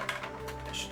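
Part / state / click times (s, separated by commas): plastic internal part into toy blaster body / not seated / none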